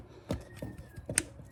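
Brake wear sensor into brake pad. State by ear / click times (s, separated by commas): seated / 1.2 s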